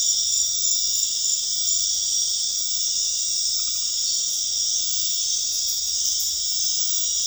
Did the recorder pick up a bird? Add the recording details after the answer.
no. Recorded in dense forest near Puerto Asís, Putumayo, Colombia, on 8 March 2025 at 22:00. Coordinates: 0.484, -76.317. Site G064